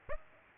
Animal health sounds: mosquito wingbeat signal from an infrared sensor; Aedes aegypti

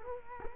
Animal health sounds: mosquito wingbeat signal from an infrared sensor; Culex quinquefasciatus

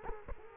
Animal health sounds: mosquito wingbeat signal from an infrared sensor; Culex quinquefasciatus

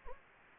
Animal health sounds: mosquito wingbeat signal from an infrared sensor; Anopheles gambiae

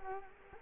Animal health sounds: mosquito wingbeat signal from an infrared sensor; Culex quinquefasciatus

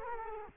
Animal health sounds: mosquito wingbeat signal from an infrared sensor; Culex quinquefasciatus

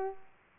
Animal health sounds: mosquito wingbeat signal from an infrared sensor; Aedes aegypti

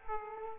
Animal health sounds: mosquito wingbeat signal from an infrared sensor; Aedes aegypti

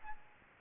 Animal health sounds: mosquito wingbeat signal from an infrared sensor; Aedes albopictus

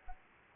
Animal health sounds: mosquito wingbeat signal from an infrared sensor; Aedes albopictus

